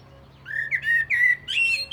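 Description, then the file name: Common blackbird giving a brief mellow whistled warble that rises into higher, strained notes, over a faint low hum. "Turdus merula"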